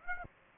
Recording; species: mosquito wingbeat signal from an infrared sensor; Aedes aegypti